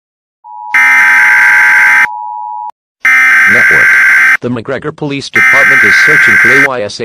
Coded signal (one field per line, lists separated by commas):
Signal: Emergency Alert System (SAME) tones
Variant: header bursts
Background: speech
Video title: eas scenario Texas amber alert